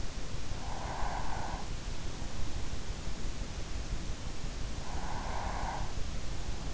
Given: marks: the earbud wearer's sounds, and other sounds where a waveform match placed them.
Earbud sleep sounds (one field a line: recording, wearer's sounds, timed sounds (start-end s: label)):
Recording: sounds in sleep by an in-ear microphone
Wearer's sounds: breath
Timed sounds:
0.33-1.99 s: breath
4.73-6.33 s: breath